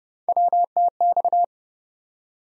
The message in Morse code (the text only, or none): WTX